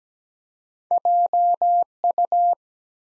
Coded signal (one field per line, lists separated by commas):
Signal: Morse code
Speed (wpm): 17 wpm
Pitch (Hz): 700 Hz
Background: none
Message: JU